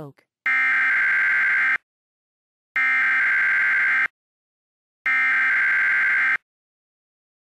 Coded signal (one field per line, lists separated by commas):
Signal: Emergency Alert System (SAME) tones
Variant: header bursts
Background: speech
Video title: EAS Mockup- Tornado Watch